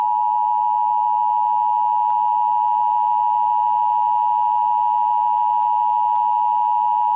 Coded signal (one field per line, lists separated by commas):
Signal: Emergency Alert System (SAME) tones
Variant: 853 and 960 Hz attention tone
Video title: An EAS timeline of the 10/6/12 Boardman River Dam failure